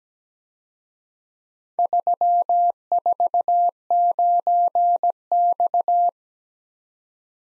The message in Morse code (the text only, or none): 349X